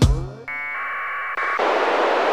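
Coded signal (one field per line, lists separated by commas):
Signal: packet radio (AX.25, as in APRS)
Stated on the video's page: APRS packet radio, a digital-mode protocol for position beacons, sensor data and text messages on amateur bands, sent simplex.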